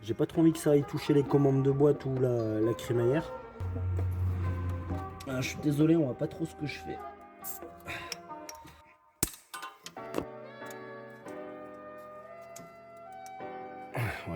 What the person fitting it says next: j'ai entendu clic. Ça doit être branché.